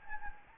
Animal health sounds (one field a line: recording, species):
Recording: mosquito wingbeat signal from an infrared sensor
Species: Anopheles gambiae